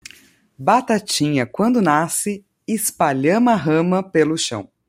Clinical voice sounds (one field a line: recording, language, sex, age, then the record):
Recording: short text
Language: Brazilian Portuguese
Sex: female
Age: 30 to 39 years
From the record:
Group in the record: control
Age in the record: 39 years